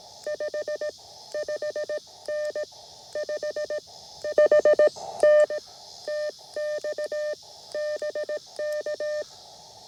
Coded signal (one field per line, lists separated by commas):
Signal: Morse code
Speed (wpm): 17 wpm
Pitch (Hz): 600 Hz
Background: none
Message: 55N 5 HT TX BK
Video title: 🏞️ QRP CW POTA Activation at Hagerman NWR | Elecraft K2 + Packtenna EFHW QRP